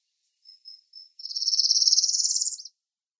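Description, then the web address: Northern Parula song: three soft high notes, then a buzzy trill that rises steadily in pitch. Nothing else is heard. "Schulze Peter Northern Parula song"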